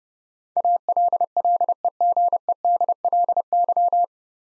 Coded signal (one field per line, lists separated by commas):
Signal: Morse code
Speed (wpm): 30 wpm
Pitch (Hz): 700 Hz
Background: none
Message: ALLEGEDLY